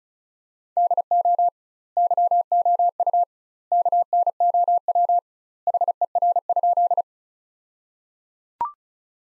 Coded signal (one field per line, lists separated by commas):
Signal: Morse code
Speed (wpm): 35 wpm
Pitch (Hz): 700 Hz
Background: none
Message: DO YOU KNOW HER?